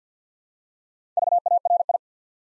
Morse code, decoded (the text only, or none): VARI